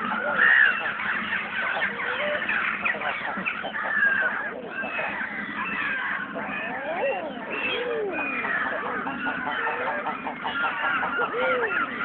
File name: eider